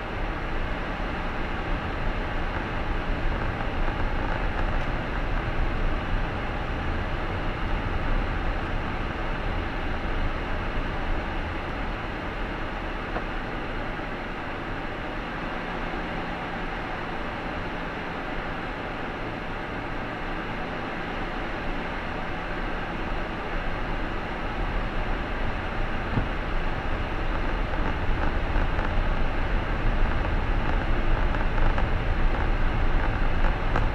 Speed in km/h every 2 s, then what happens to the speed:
15, 19, 22, 22, 20, 15, 10, 7, 6, 5, 7, 9, 13, 19, 20, 23, 23.
0-7 speeds up to 22. 7-13 slows to 7. 13-19 steady at about 6. 19-26 speeds up to 19. 26-34 steady at about 20.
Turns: none.